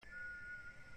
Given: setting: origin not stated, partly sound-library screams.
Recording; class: one-second piece from a danger detection set; normal situation